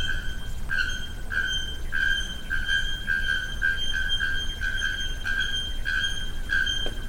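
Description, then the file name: Bare-throated bellbird calling with steady repeated clanging notes, roughly one or two per second, over a constant low rumble. Recorded at Jardim Botânico, São Paulo, on 20 October 2010 with an M-Audio recorder. "Procnia-nud Jd Botânico-SP 20-10-10 M-Audio"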